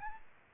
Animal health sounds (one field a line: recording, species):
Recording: mosquito wingbeat signal from an infrared sensor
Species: Aedes albopictus